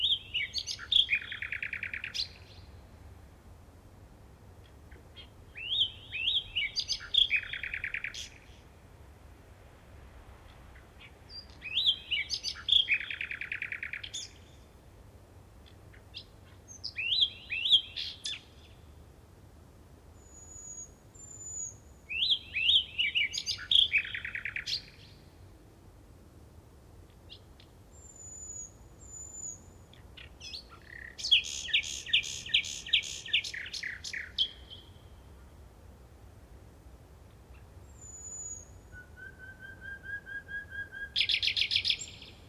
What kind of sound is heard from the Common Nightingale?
song